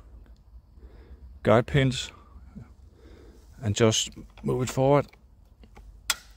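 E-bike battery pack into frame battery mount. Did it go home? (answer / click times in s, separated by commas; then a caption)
yes / 6.1 s. Someone talks while a Bosch PowerPack 500 Wh e-bike battery pack is guided onto its tabs and pins and pushed forward into the frame battery mount of a Radon ZR Team Hybrid 8.0 E-MTB. A sharp click at 6.1 s marks the battery latching and seating in the mount.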